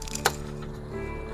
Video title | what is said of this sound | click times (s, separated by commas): AGORA Models 1:200 Scale Build the R.M.S. TITANIC Shipment -16 (Build Video) | Clicks into place, | 0.3 s